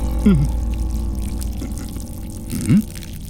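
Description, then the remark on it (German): Water is poured out to give someone a drink, in two short gurgling bursts, the first near the start and a louder one toward the end, each with a quickly shifting pitch over a steady low background hum. “Nicht mehr und nicht weniger als Wasser.”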